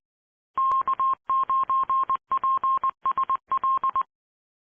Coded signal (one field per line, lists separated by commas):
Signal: Morse code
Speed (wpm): 20 wpm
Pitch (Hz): 1060 Hz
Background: none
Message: K9PSL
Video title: 🔴LIVE Florida's Amatere Radio Repeaters Using QueCast, Never Miss a Thing!